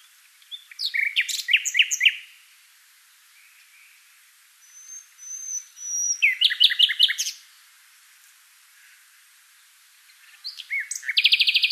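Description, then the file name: Common nightingale singing three separate phrases, each a burst of loud, rapid repeated notes and chirps, the last ending in a fast metallic trill, with quiet pauses between. "Luscinia megarhynchos"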